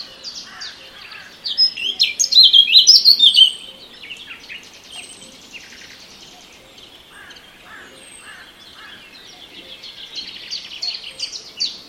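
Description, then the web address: Eurasian blackcap song: a loud, rapid two-second burst of high twittering and fluty notes, followed by faint scattered chirps and softer warbling. "cianscape birddata 2025"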